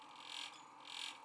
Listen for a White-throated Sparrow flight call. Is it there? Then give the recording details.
no. No flight call is heard. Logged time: 03:53 on 17 November 2014